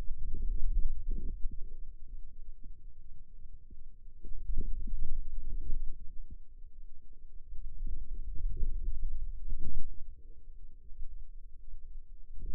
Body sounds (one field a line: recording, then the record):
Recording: forearm muscle sounds (acoustic myography)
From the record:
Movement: radial deviation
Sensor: system 2, bracelet of six BSWA MPA416 microphones around the upper forearm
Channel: 2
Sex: female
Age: 21 years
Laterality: right